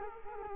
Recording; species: mosquito wingbeat signal from an infrared sensor; Culex quinquefasciatus